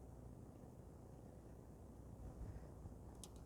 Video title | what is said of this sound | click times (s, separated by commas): SPECIALIST Live Streaming Kit Setup 3 | Now, the moment you hear that click, that's already on tight enough. | 3.2 s